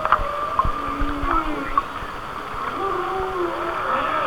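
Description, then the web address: Whale sounds: short bright chirps early on, then drawn-out moans and gliding whistles over a constant crackle of clicks. "Whale Songs Whale Songs"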